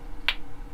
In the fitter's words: That holds it in like that, so it goes in and you can hear it's clicking as it,